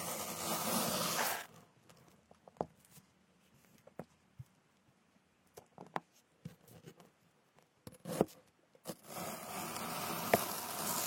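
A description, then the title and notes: Cutting fruit and picking ears, with a loud rushing scrape at the start and another steady rasp from about nine seconds to the end. Between them come sparse sharp clicks, taps and small crackles, scattered irregularly over a quiet, low murmur. Cutting fruits and picking ears.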